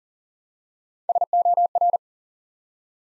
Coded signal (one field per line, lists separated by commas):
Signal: Morse code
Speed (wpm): 41 wpm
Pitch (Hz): 700 Hz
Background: none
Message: SOR